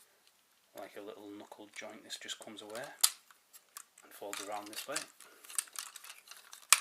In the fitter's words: and locks into place, and then